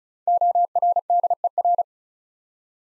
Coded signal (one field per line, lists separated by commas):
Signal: Morse code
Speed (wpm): 36 wpm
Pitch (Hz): 700 Hz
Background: none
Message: ORDER